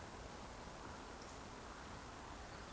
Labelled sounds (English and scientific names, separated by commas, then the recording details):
Eurasian Woodcock (Scolopax rusticola) whistle
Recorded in Baden-Württemberg, Germany, on 15 June 2020 at 20:17 UTC
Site 14569, 102 m above sea level